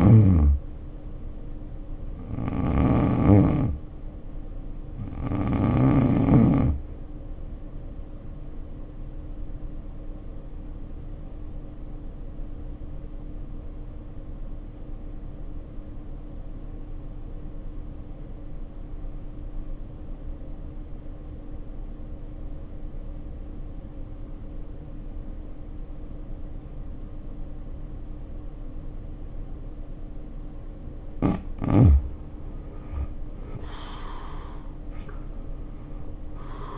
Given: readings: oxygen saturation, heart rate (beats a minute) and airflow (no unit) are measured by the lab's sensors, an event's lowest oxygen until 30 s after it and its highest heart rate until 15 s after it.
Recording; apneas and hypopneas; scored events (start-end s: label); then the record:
breathing in sleep by a smartphone at the bedside; 1
11.00-30.80 s: hypopnea (N1, oxygen 89% highest, then 73% lowest, heart rate 58 at the start, 73 highest)
From the record:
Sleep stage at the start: N1 (lightest sleep); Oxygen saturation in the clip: 82 to 94%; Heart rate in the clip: 56 to 70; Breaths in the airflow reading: 13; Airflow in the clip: -3.7 to 4.0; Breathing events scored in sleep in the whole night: 520 in 7.2 hours asleep